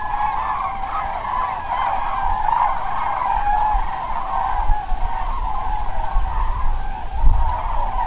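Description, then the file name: Cranes calling in a flock: overlapping trumpeting, rolling calls forming a steady chorus, with low rumbling background noise throughout. "GRULLAS"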